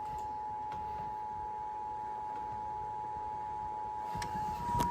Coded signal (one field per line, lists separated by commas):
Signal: Emergency Alert System (SAME) tones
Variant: 853 and 960 Hz attention tone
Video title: SLIGHTSANITY 12: FLORIDA’S REDEMPTION - EAS Alerts From 5/4/25 - 5/14/25 (EAS #3767-3878)